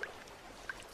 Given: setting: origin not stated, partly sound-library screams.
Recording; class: one-second piece from a danger detection set; normal situation